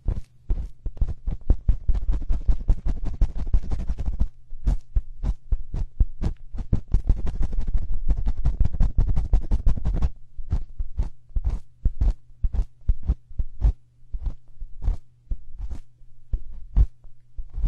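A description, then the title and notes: Dry scratching and clicking of ear picking, with sharp ticks coming in fast dense bursts around 0–4 and 7–10 seconds and sparser, more regular taps elsewhere. A low steady hum runs underneath throughout. Ear picking, hard-core ear picking.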